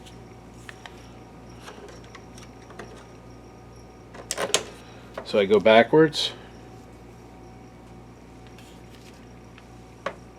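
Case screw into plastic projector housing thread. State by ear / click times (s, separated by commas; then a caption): seated / 10.1 s. A case screw is turned backwards (counter-clockwise) in the plastic housing of a BenQ W6000 DLP projector so it finds the existing threads before being tightened down. Someone talks in the middle of the clip, amid faint scraping and ticking. A small, sharp click at 10.1 s marks the screw dropping into the thread start and seating.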